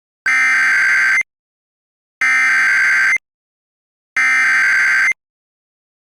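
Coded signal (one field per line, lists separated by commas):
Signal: Emergency Alert System (SAME) tones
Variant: header bursts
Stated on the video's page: Simulated mock evacuation immediate alert test.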